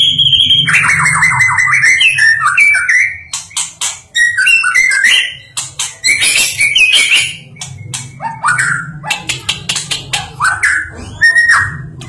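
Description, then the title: Bird delivering a busy song of fast stuttering chirps, sweeping whistles and rattling clicks, varied and unbroken, over a faint low hum. Masteran recording used for training songbirds. "Master Burung Jos"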